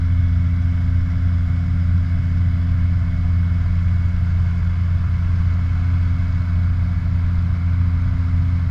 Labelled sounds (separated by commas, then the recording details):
machinery, flare stack
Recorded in the Prudhoe Bay oil fields, Alaska, on 16 August 2019 at 01:42
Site 29